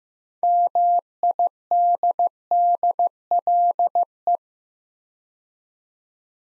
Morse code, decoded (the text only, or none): MIDDLE